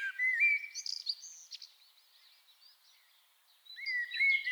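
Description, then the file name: Common blackbird giving a short fluty whistled phrase with high scratchy twitter, a quiet stretch, then another low whistled note with squeaky flourishes. "Turdus merula"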